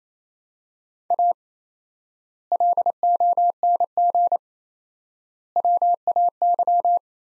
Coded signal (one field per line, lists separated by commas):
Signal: Morse code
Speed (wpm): 28 wpm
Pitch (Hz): 700 Hz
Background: none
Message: A LONG WAY